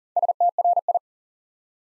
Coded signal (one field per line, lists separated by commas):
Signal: Morse code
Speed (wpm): 38 wpm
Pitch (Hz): 700 Hz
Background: none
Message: STRI